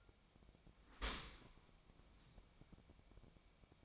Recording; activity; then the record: daily activity, microphone in the room; open dishwasher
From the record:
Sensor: 1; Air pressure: 1003.1 hPa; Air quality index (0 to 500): 197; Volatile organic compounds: 6 ppm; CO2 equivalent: 1883 ppm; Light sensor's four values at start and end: 17/41/17/20 and 17/41/17/20